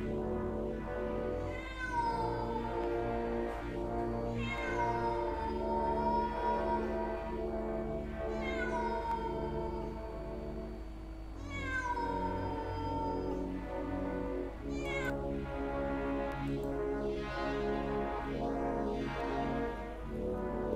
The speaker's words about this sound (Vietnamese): Rồi có tiếng một con mèo kêu lên.